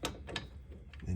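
A click-type torque wrench set to 73 ft-lb tightens a rear hub assembly bolt on a 2012 Honda CR-V and clicks at 0.1 s, showing the bolt is tight enough. Softer metallic clicks follow, and someone talks.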